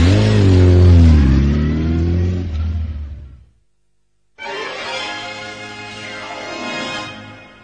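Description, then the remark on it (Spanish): Toto's motorcycle engine revs loudly with its pitch rising and falling, cuts out for about a second, then roars back in a second sustained burst with shifting, whining tones. “La moto del Toto.”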